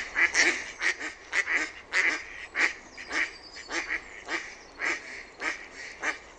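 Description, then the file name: Mallard quacking steadily, harsh nasal notes repeated throughout, over faint background noise. "SINISORSA"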